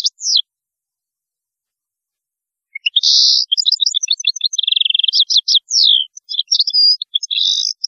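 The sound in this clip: European goldfinch: a brief opening snatch of notes, a pause, then a lively burst of chattering twitters, dry trills and high slurred whistles running to the end.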